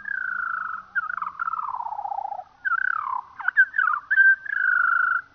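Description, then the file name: Eurasian skylark singing, slowed: a long held note, a falling trill, then twisting sliding phrases and another sustained whistle at the close. Slowed down. "skylark slowed down"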